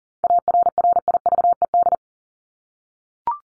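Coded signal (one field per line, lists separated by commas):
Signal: Morse code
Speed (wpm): 40 wpm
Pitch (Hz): 700 Hz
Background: none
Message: ARRIVED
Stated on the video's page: Head-copy drill of the top 100 words ending in ED and their root words at 40 wpm; each word sent, spoken, then sent again.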